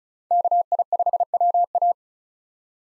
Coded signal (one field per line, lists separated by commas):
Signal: Morse code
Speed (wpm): 34 wpm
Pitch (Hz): 700 Hz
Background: none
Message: KI5WA